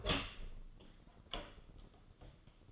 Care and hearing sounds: daily activity, microphone in the room; open door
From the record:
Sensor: 4

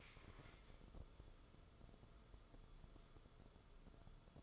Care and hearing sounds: daily activity, microphone in the room; stand up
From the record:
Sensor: 5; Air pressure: 994.5 hPa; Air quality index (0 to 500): 182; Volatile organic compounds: 1000 ppm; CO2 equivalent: 5314 ppm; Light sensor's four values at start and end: 14/35/14/16 and 17/43/18/20

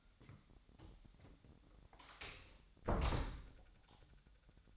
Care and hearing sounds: daily activity, microphone in the room; close door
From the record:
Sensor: 3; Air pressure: 1007.1 hPa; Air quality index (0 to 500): 204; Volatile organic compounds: 18 ppm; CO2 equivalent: 2616 ppm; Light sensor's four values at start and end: 12/28/12/12 and 12/28/12/12

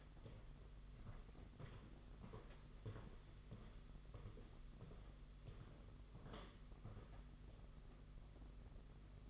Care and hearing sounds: daily activity, microphone in the room; walk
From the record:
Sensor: 4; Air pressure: 992.4 hPa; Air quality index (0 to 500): 141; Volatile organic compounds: 73 ppm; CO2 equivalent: 3543 ppm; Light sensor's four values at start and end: 20/72/26/27 and 20/72/26/27

